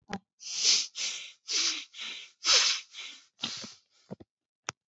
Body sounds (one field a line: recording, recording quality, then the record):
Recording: shallow breathing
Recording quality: excellent, no background noise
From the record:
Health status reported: recovered from COVID-19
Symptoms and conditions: fever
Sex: male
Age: 27 years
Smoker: not ticked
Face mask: not worn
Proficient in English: yes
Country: India